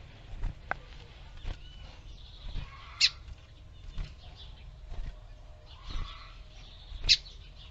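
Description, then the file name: Lined seedeater song: sharp high notes about four seconds apart, separated by soft warbled phrases, with scattered low thumps. "canto do bigodinho"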